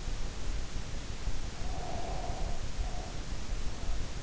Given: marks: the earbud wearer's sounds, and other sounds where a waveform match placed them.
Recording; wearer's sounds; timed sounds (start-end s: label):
sounds in sleep by an in-ear microphone; breath
1.55-3.34 s: breath